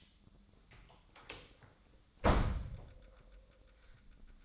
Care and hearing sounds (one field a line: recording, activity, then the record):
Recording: daily activity, microphone in the room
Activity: close door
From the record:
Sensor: 3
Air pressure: 1004.9 hPa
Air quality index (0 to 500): 70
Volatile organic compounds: 2 ppm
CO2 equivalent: 1038 ppm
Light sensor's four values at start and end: 9/21/8/8 and 9/21/8/8